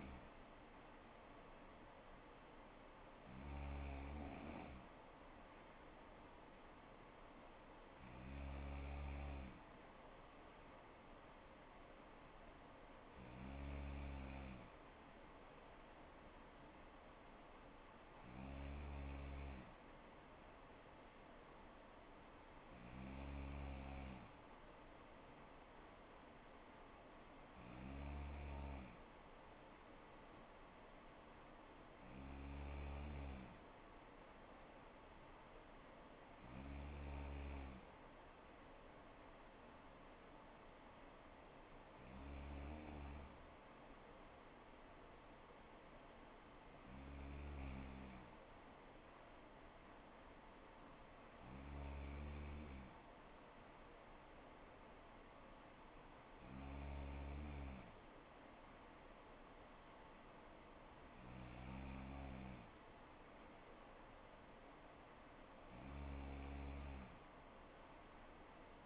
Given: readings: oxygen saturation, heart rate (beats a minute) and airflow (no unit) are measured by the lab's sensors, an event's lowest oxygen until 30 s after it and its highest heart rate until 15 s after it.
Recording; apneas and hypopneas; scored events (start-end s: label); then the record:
breathing in sleep by a voice recorder at the bedside; none
none scored
From the record:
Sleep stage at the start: N3 (deep sleep); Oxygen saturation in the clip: 94 to 95%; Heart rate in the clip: 59 to 65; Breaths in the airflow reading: 14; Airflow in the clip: -4.1 to 3.4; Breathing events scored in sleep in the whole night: 79 in 6.3 hours asleep